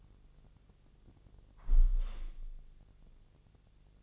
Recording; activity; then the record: daily activity, microphone in the room; close window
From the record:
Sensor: 4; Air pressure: 1001.2 hPa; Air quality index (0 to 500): 168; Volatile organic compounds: 2 ppm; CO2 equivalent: 1205 ppm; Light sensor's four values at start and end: 13/29/12/13 and 13/29/12/13